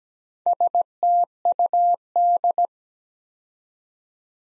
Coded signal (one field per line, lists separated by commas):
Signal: Morse code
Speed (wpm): 17 wpm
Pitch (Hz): 700 Hz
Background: none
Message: STUD